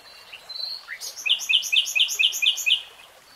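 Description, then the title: Nightingale song: a few soft notes, then a quick rhythmic run of sharp repeated chirps. "[Tiếng chim hót] REALTIME Nightingale Singing"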